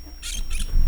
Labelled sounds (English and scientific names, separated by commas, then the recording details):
Brown-throated Parakeet (Eupsittula pertinax) contact call
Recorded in Venezuela
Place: Tumeremo, Edo. Bolivar; Comunidad indigena, escuela de Fe y Alegria
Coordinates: 7.209, -61.364